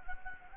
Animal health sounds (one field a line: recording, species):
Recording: mosquito wingbeat signal from an infrared sensor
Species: Anopheles gambiae